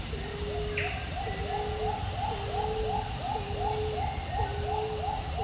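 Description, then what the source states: Stephan's emerald dove giving low moaning coos, each a flat held note after a brief lift, about one per second, over a rapid run of arched notes from another caller and steady insect buzz. Papua New Guinea.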